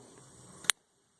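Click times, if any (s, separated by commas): 0.7 s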